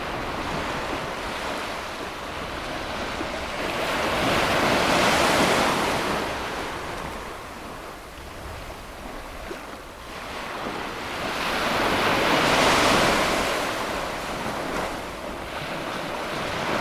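Ocean waves wash in and draw back in slow, broad swells, one peaking around five seconds and another near thirteen, with quieter lulls between. The hiss of surf is steady and full, and a low rumble of wind sits underneath throughout.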